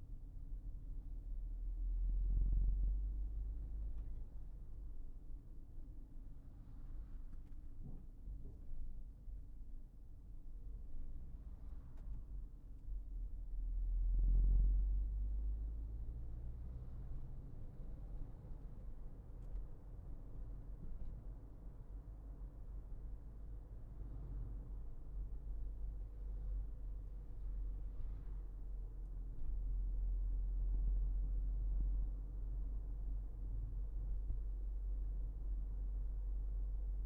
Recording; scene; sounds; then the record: everyday scene through a hearing-aid microphone; in a vehicle; engine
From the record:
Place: Berlingo II, diesel engine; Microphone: behind the ear, left, rear